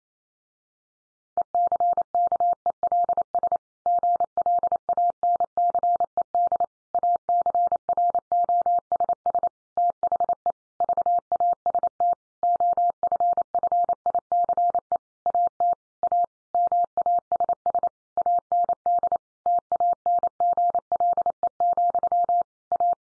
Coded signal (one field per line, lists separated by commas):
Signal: Morse code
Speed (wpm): 28 wpm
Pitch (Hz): 700 Hz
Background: none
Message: ECKELS GLANCED ACROSS THE VAST OFFICE AT A MASS AND TANGLE, A